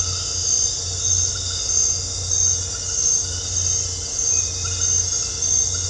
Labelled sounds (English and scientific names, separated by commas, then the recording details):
none
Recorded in dense forest near Puerto Asís, Putumayo, Colombia, on 8 March 2025 at 23:00
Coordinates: 0.468, -76.322
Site GP01